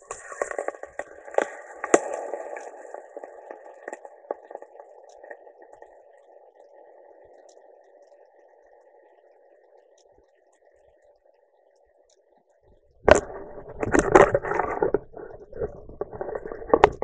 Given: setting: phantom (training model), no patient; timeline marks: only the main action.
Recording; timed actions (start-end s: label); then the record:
laparoscopic instrument, vibration sensor on the handle end
0.00-11.88 s: coagulation
From the record:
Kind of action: gesture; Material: ex-vivo porcine liver